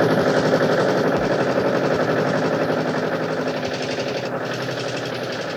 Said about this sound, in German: Aber die Motoren laufen schon.